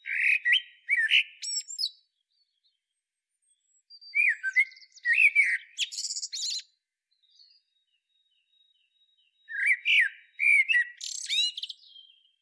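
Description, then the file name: Common blackbird song: three separate phrases, each opening with mellow whistled warbles and closing in thin, high chattering twitters, spaced by pauses of about two seconds. "Turdus merula"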